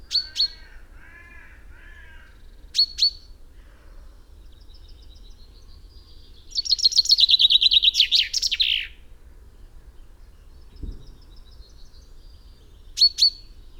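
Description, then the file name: Common chaffinch song: one bright descending trill of about two seconds ending in a flourish, with short sharp call notes before and after and some lower chirps early on. "Fringilla coelebs"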